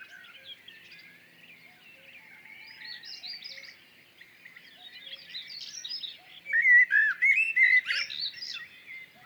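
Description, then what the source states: Common Blackbird song: a loud burst of rich, fluted, warbling phrases near the end, after softer chattering birdsong. Fluted song at dawn, 6:10, on 1 June 2019 in a blackthorn and hawthorn hedge on the Plateau de Lesches-en-Diois; recorded with a Mixpr3 and MKH40 in stereo.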